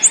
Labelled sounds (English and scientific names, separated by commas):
Prothonotary Warbler (Protonotaria citrea) flight call